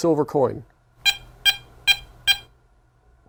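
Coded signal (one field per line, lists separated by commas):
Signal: none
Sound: metal detector target tones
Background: speech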